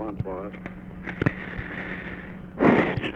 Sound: sighs